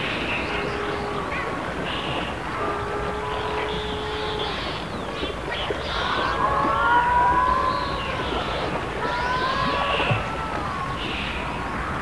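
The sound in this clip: Dolphin whistles, several overlapping rising and falling tonal sweeps, some looping and wavering, heard over steady underwater hiss and low rumble.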